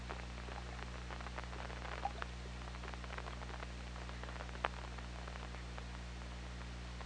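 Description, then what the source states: Killer whale echolocation clicks come in uneven bursts, with one short tonal chirp, against constant low hum and hiss. Recorded on the OrcaLab hydrophone on 24 August 2017 at 21:28.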